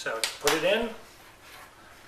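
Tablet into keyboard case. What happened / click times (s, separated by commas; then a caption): Handled, not yet home: the tablet has not snapped into the case / none. A tablet is being handled and put into a plastic keyboard case while someone talks briefly. Soft handling noise follows the voice, and nothing has seated or clicked yet.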